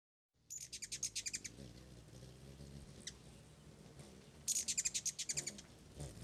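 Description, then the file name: Ruby-throated hummingbird chip calls: two quick bursts of high, dry, rapid ticking chips, each lasting about a second, over a low steady hum. "dan-gibsons-solitudes ruby-throated-hummingbird"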